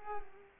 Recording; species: mosquito wingbeat signal from an infrared sensor; Culex pipiens